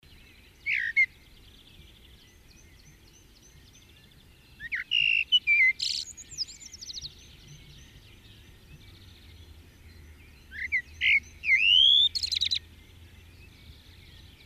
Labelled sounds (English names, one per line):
Common Blackbird